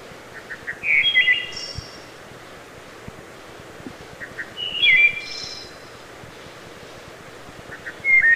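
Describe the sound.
Wood thrush repeating its song every few seconds. Each phrase has soft lead-in notes, then a liquid flute-like phrase with a high, breathy trill.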